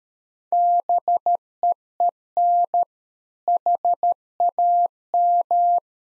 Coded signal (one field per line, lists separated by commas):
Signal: Morse code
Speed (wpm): 13 wpm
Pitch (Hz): 700 Hz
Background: none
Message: BEEN HAM